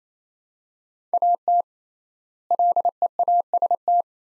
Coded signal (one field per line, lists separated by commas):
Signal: Morse code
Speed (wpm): 28 wpm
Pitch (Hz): 700 Hz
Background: none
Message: AT LEAST